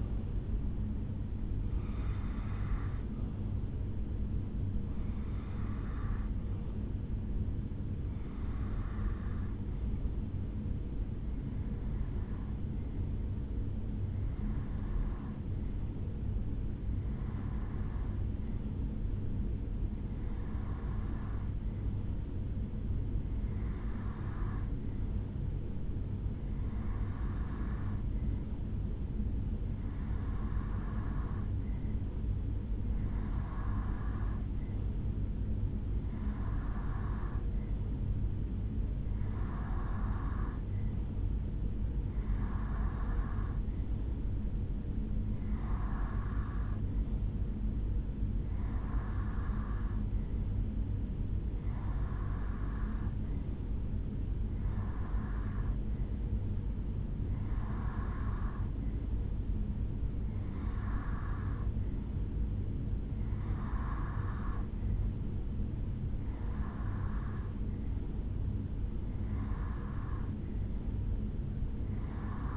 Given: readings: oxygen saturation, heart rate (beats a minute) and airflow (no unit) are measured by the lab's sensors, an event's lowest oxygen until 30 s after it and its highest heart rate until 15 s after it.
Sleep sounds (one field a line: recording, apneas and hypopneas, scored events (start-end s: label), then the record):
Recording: breathing in sleep by a smartphone at the bedside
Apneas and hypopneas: 1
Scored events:
11.00-41.90 s: hypopnea (REM, oxygen 95% highest, then 89% lowest, heart rate 69 at the start, 69 highest)
From the record:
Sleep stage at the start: REM sleep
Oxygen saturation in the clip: 89 to 95%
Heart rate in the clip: 63 to 72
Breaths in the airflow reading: 23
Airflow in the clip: -3.5 to 2.9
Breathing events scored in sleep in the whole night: 449 in 7.0 hours asleep